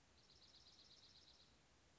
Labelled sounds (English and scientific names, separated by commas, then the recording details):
Dark-eyed Junco (Junco hyemalis)
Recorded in Sonoma County, California